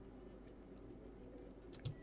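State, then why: Seated. A headphone plug is pushed into the headphone jack of an AGM H6 smartphone, which sits behind a rubber cover. Against a low background hum, a few faint ticks come at about 1.4 and 1.7 seconds, then a sharper, louder click at 1.9 seconds as the plug seats and connects.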